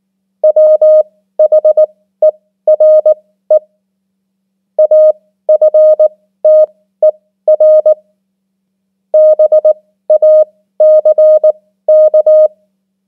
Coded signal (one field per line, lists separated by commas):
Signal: Morse code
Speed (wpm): 19 wpm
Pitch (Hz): 620 Hz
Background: none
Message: WHERE AFTER BACK